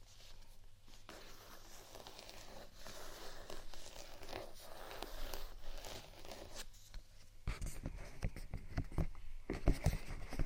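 Dense scratching and crinkling on textured items runs steadily, then around seven seconds louder taps and thumps join with a low beat.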